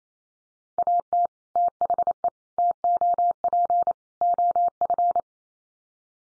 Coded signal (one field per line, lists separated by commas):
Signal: Morse code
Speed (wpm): 28 wpm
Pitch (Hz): 700 Hz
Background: none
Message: AT THE TOP OF